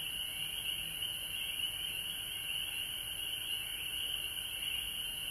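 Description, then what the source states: Frogs calling in a dense, steady chorus, a continuous high trilling band with slight pulsing throughout, over a constant fainter high hiss. Frogs recorded at home in Georgia on March 19, 2020.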